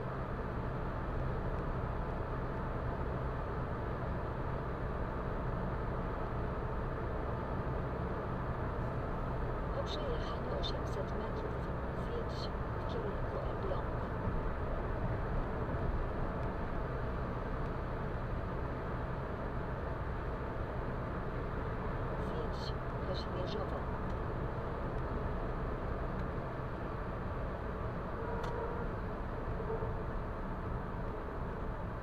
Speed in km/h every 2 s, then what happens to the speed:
115, 115, 115, 115, 115, 115, 115, 115, 115, 115, 115, 114, 114, 114, 107, 103.
0-26 steady at about 115. 26-32 slows to 103.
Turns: none.